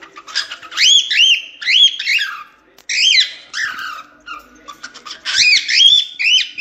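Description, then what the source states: Cockatiel song: loud, ringing, arched whistles grouped in phrases, with short breaks and a few softer chirps between. Lutino colour variety, song.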